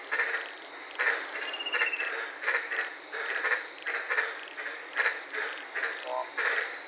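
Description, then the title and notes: White-lipped tree frog croaking in short repeated bursts at an uneven rhythm over a continuous high hiss. Several frogs calling at night in the Daintree rainforest, Queensland; heard from inside a parked car. "in the Daintree rainforest in Queensland this night and fell asleep listening to these amazing White lipped frogs"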